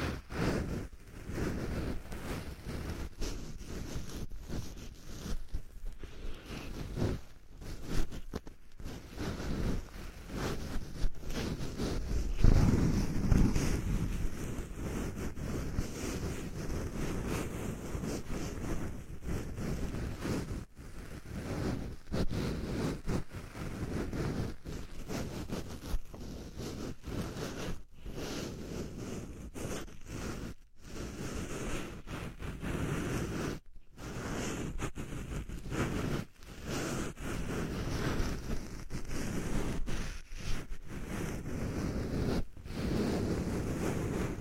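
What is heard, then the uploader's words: Muffled ear picking inside a simulated ear canal, with a dense, steady rustling bed and constant scratchy clicks and scrapes packed throughout. The sound is low and thick, swelling slightly louder around the middle, with brief sharp taps scattered across the recording. Ear canal simulation, ultra-deep penetrating ear picking, delicate and comfortable.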